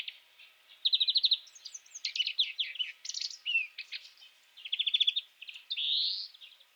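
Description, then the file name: European greenfinch song of quick rattling trills and chattering notes, ending in a long rising wheeze after a final burst of trilling. "Chloris chloris"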